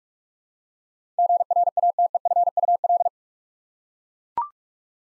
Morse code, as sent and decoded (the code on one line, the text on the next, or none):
--. .-. .- - . ..-. ..- .-..
GRATEFUL